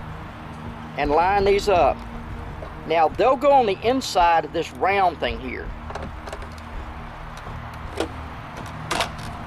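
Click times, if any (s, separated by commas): 5.9 s, 6.0 s, 8.9 s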